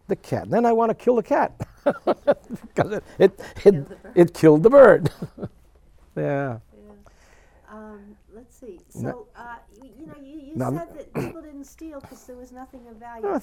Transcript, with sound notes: The cat, then I want to kill the cat, because it killed the bird. ( he laughs ) Yeah.
Um, let's see. So, uh, you know, you said that people didn't steal because there was nothing of value.